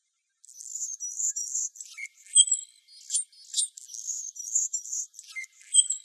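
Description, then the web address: Anna's hummingbird singing a string of thin, buzzy, high-pitched phrases mixed with sharp squeaks and a short lower whistle, repeated several times without letup. Recorded in Arizona. "Hummingbirds Swifts AZFO ANHU deviche"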